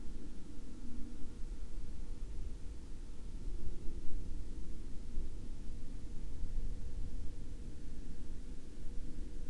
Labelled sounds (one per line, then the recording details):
man-made sound
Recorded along the Dalton Highway, Alaska, on 25 March 2019 at 22:49
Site 09